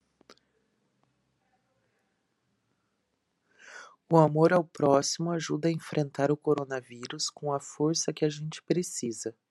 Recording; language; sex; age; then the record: spoken sentence; Brazilian Portuguese; female; 40 to 49 years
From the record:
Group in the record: control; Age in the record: 40 years